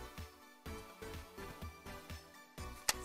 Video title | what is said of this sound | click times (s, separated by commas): Barbie® Dreamhouse® Step-by-Step Assembly Video - @Barbie | push it until you hear it click | 2.9 s